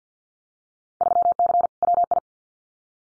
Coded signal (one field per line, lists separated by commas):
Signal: Morse code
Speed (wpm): 50 wpm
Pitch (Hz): 700 Hz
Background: none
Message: 3C WI